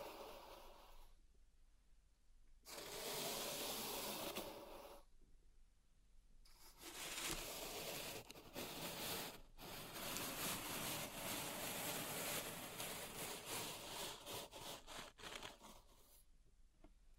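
Pink salt in a zen garden is raked and stirred, making bright, grainy scraping. A short burst starts near 2.5 seconds, then a long crunchy passage runs from about 6.5 to 16 seconds, full of quick ticks and crackles, with quiet pauses between.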